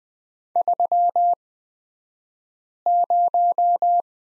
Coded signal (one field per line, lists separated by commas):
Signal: Morse code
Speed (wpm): 20 wpm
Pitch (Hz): 700 Hz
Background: none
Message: 30